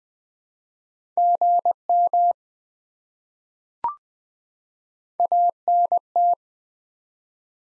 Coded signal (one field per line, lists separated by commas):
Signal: Morse code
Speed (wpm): 20 wpm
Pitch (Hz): 700 Hz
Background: none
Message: GM ANT